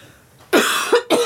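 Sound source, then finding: Radio guest. Cough.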